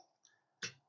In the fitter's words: And then push it on. I heard a good click.